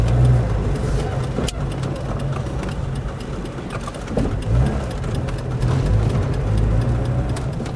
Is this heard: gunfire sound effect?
no